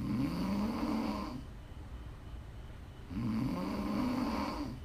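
Two low, buzzy, rattling snores from an adult woman asleep, with quieter breathing between them. They repeat about every three seconds, roughly 20 breaths a minute. This is ordinary sleep snoring in a quiet room.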